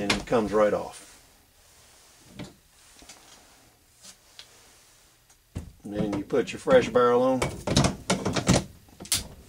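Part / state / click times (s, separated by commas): quick change barrel into rifle receiver / seated / 9.1 s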